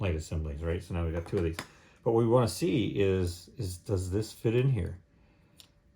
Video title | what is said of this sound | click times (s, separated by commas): Tesla Model 3 SR+ RGB Mods Part 1 | what it doesn't do is it doesn't snap in. | none